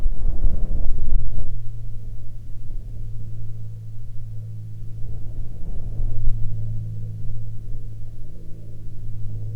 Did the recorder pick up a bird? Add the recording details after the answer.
no. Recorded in the Arctic National Wildlife Refuge, Alaska, on 19 July 2021 at 12:26. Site 40